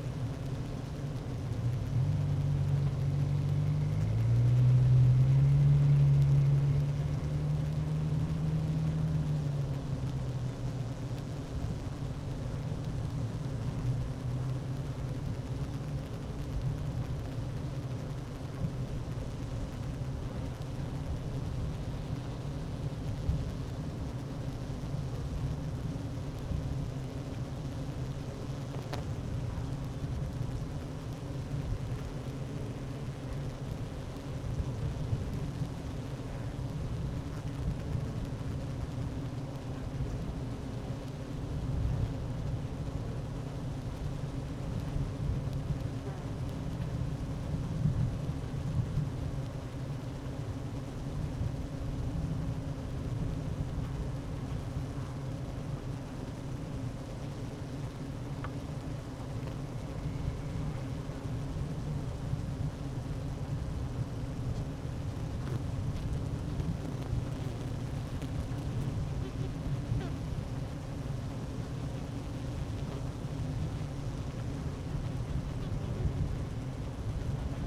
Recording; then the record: honeybee colony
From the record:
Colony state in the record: active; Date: 12 June 2018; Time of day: 11:51